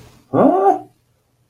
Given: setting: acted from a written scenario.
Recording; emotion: vocal sound without words; confusion